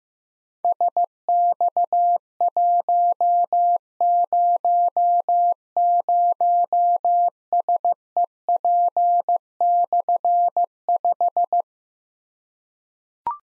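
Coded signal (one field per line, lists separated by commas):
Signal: Morse code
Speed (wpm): 15 wpm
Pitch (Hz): 700 Hz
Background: none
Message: SX100SEP/5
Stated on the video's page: Morse drill of difficult slashed call signs at 15 wpm, each sent, then spoken, then sent again, for keyboard or pencil copy.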